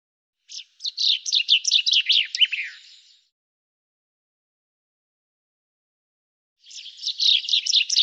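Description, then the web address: Bird song, a fast jumble of high chirping notes lasting about three seconds, followed by silence and another rapid chirping burst at the end. "Deverinetal 2025 File cleaned normalized Bird Fr Co"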